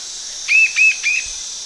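Bird call of three short, level whistled notes in even succession over a steady background hiss.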